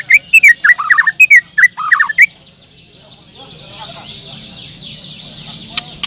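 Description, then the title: Bird song: a lively burst of bright, dipping chirps over about two seconds, then a continuous high buzzy chorus with a low hum beneath. "Kicau Burung"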